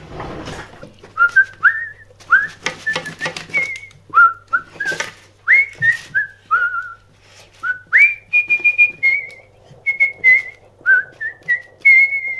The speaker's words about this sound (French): Aujourd'hui, 4e épisode, on fait la vaisselle en sifflotant. Hop, ça tourne.